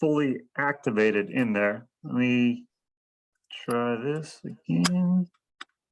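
Someone talks while handling the spring-loaded pin of a lanyard attachment, lining it up again with the hole on a wearable device housing after a first try where the pin was pushed in but missed the hole. A brief faint tick comes near 5.6 seconds just after the talking stops. Nothing has seated or clicked into the hole yet.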